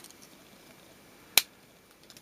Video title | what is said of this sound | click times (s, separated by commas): THE SIMPSONS BUST-UPS Series 5, The VALENTINES SERIES part 1 | right there we are some nice snaps there | 1.4 s